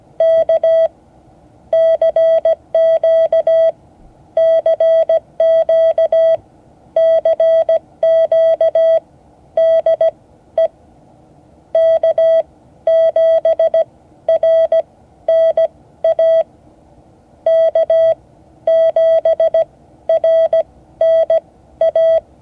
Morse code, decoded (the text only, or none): K CQ CQ CQ DE K7RNA K7RNA